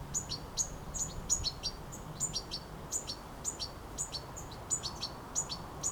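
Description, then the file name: European goldfinch giving high, chipped call notes at an uneven pace, some doubled, over a low rumble of background noise. "Carduelis carduelis"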